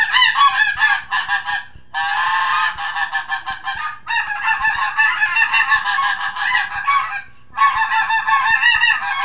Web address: Goose -Snow